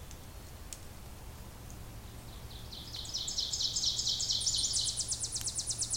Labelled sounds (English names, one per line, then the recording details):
Ovenbird song
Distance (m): 50 m
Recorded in boreal forest in Alberta, Canada, on 26 May 2016 at 07:20
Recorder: SongMeter 3, array SBT-3-15
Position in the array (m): 42 m, 252 m
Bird 20